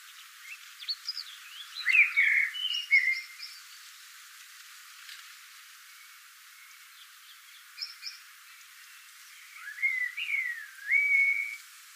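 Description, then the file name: Common blackbird song of rich fluted notes with thin high squeaks, a long pause, then a rising, wavering whistled phrase. "Turdus merula"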